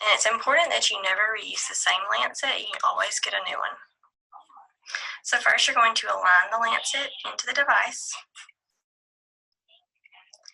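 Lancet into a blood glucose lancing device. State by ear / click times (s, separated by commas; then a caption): seated / 10.5 s. Someone talks, then a new plastic lancet is lined up with a blood glucose lancing device and pushed into its holder. Faint handling ticks follow, and the lancet snaps into place at 10.5 s.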